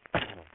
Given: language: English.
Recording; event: throat vibration sensor signal played as sound; cough